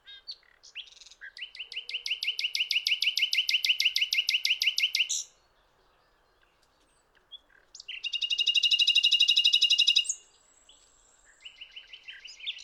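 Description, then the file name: Common nightingale song: a long loud rattling trill of rapidly repeated notes, a pause, then another intense buzzy trill and a third beginning. "Luscinia megarhynchos"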